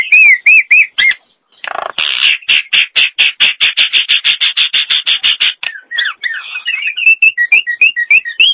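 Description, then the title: Nias hill myna song: a few looping whistles, then a long fast series of harsh rattling notes, ending in varied rising and falling whistles. "Jalak Nias"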